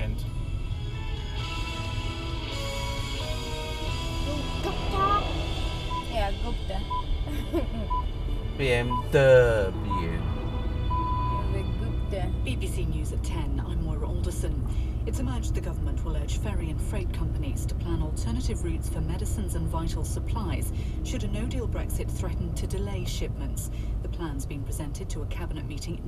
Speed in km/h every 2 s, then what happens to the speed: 15, 13, 11, 11, 11, 13, 15, 18, 18, 18, 16, 18, 15.
0-8 steady at about 11. 8-14 speeds up to 18. 14-26 steady at about 18.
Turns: none.